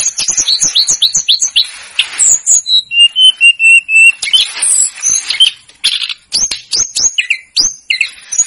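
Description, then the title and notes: Snowy-browed flycatcher song: quick series of high chirps, then a string of level whistled notes, followed by scratchy twitters and sharp upslurred calls. Masteran recording for training cage birds; local names tledekan gunung and sikatan gunung. "Masteran Tledekan Gunung Sikatan Gunung 1. BURUNG TLEDEKAN"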